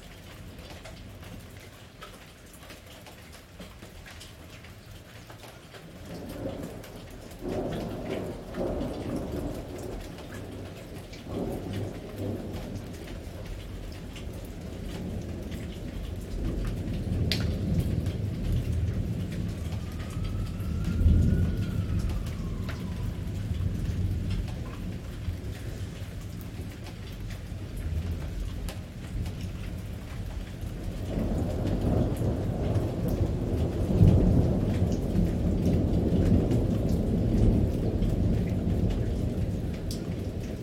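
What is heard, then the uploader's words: Heavy rain pours steadily throughout, a dense hiss with a deep low rumble underneath. Thunder rolls in waves, building from around seven seconds, swelling loudest near twenty and again after thirty seconds, with a brief rising whistle-like tone around twenty-one seconds. Heavy thunderstorm. Thunder and lightning. Pouring rain, heavy rain.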